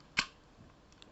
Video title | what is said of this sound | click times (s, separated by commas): Sentai Robo Review #48: Gattai ! Five Cross ! Great Five / Robot Bioman 2 合体！ファイブクロス！グレートファイブ（フランス語） | Là, attendez. Non, je n'ai pas encore le clic, là. | none